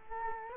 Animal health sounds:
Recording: mosquito wingbeat signal from an infrared sensor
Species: Culex quinquefasciatus

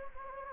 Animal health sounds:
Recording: mosquito wingbeat signal from an infrared sensor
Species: Anopheles gambiae

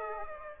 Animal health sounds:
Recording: mosquito wingbeat signal from an infrared sensor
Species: Aedes aegypti

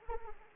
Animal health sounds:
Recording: mosquito wingbeat signal from an infrared sensor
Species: Anopheles arabiensis

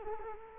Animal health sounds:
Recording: mosquito wingbeat signal from an infrared sensor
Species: Culex quinquefasciatus

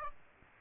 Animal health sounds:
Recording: mosquito wingbeat signal from an infrared sensor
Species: Aedes aegypti

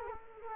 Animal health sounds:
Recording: mosquito wingbeat signal from an infrared sensor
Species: Culex quinquefasciatus

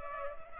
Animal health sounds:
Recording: mosquito wingbeat signal from an infrared sensor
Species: Culex pipiens

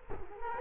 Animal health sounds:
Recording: mosquito wingbeat signal from an infrared sensor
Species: Culex quinquefasciatus

